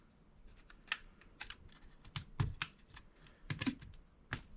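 A second plastic trim ring is handled at the other side of a Toyota Tundra climate control panel during an AJT Design climate control knob and trim ring install. Sharp plastic clicks and taps sound, loudest near 0.9, 2.2, 2.6 and 4.3 seconds. The ring has not seated or clicked into place yet.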